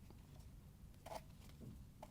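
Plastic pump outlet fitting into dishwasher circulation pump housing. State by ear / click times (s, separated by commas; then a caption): not seated / none. A plastic pump outlet fitting for a Bosch/Thermador/Gaggenau dishwasher circulation pump (repair kit 00167085) is handled against the pump housing, positioned with its locking tab before being pushed down and turned counterclockwise. Two brief, sharp handling sounds stand out around 1.1 s and 2.0 s over a low background. Nothing has seated yet: the locking tab has not snapped into place.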